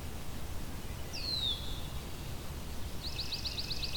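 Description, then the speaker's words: Swamp Sparrow trill: a rapid, ringing run of even notes begins near the end, after a thin descending whistle, over steady background hiss. Summer day in Flamborough, Ontario, Canada; many swamp sparrows present; ringing trill, can be rapid or slightly slower, similar to chipping sparrow. "There it is, that kind of ringing trill. So it's that kind of ringing trill that is the swamp sparrow."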